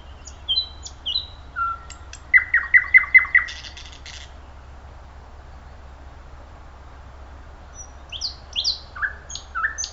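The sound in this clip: Thrush nightingale song: a few whistles, then a fast series of repeated notes and a dry rattle, a long pause, and high whistled slurs at the end.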